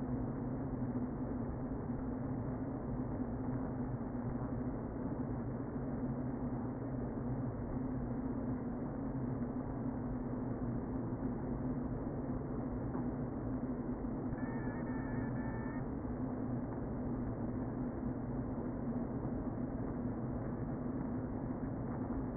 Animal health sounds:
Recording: honeybee colony, microphone inside the hive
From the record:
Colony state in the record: queen present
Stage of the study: before two queens were removed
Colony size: about 60,000 bees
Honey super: yes

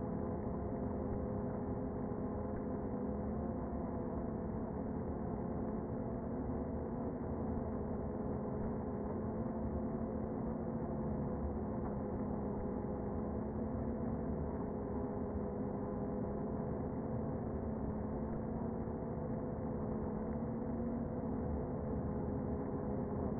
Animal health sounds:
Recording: honeybee colony, microphone inside the hive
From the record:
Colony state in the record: queen present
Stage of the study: before two queens were removed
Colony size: about 60,000 bees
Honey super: yes

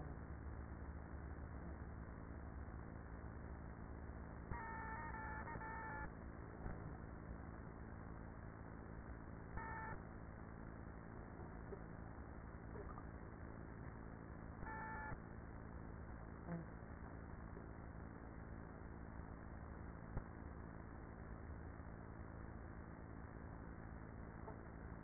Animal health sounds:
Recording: honeybee colony, microphone inside the hive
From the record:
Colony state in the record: queenless with a low population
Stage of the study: after two queens were removed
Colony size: about 30,000 bees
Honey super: no

